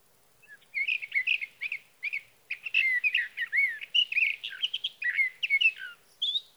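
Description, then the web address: Sage thrasher singing a rapid warble, a stream of varied buzzy and whistled notes, ending on a higher note. "birdsongforthecurious Sage Thrasher"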